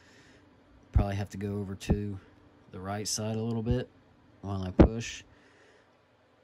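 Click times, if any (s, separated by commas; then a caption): none. During reassembly of a CZ P-07 pistol, a slotted screwdriver pushes a small spring leg down and slightly to the right toward its retaining part in the frame while someone talks. The spring leg has not yet snapped into place under the part; nothing has seated or clicked yet.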